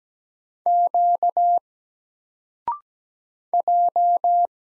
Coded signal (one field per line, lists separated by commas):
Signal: Morse code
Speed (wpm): 17 wpm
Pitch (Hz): 700 Hz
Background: none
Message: Q J